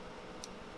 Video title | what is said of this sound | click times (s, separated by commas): USB power supply installation on my Suzuki V-strom | I heard it click into place perfect | 0.4 s